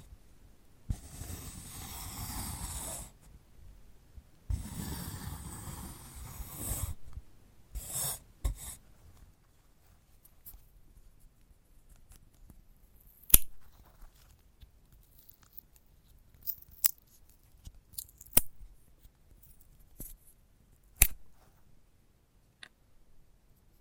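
ASMR handling of a sunflower head: two long, dry rustling scrapes come first, each lasting about two seconds. After that the sound thins to sparse crisp clicks and snips, spaced a few seconds apart, with near silence between them.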